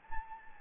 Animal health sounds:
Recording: mosquito wingbeat signal from an infrared sensor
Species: Anopheles gambiae

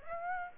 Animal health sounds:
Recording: mosquito wingbeat signal from an infrared sensor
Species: Aedes aegypti

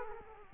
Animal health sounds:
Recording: mosquito wingbeat signal from an infrared sensor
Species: Culex quinquefasciatus

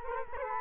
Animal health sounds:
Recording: mosquito wingbeat signal from an infrared sensor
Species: Culex quinquefasciatus

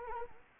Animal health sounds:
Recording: mosquito wingbeat signal from an infrared sensor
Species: Anopheles arabiensis

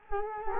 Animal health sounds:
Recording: mosquito wingbeat signal from an infrared sensor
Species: Culex quinquefasciatus

